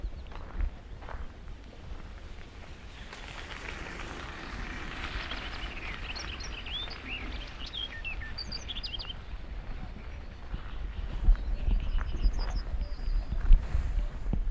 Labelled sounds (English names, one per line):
Common Whitethroat song